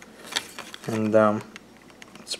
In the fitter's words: and it snaps right into place